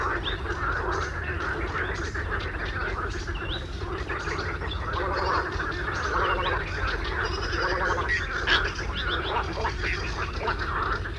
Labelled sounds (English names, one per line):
Greylag Goose call